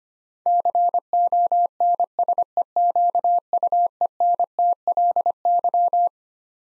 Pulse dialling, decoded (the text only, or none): none